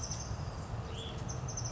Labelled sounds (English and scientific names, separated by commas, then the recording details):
Hutton's Vireo (Vireo huttoni)
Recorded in Sonoma County, California